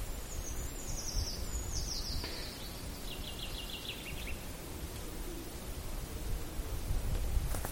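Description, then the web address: Eurasian treecreeper song: a thin, very high series of quick notes that steps steadily downward in pitch, set against a strong background hiss and low rumble. "linnut puukiipija"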